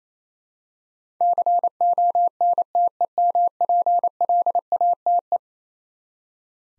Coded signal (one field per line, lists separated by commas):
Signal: Morse code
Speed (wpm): 27 wpm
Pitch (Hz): 700 Hz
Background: none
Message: CONTEMPLATE